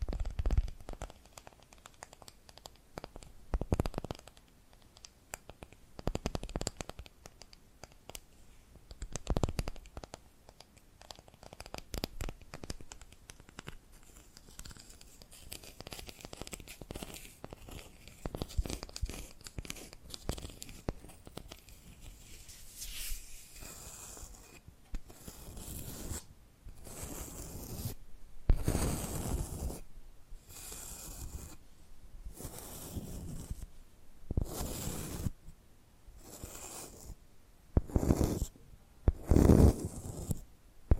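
Tapping and scratching sounds: a busy run of dry rustles and scrapes, then sharper, louder bursts at steady intervals in the second half.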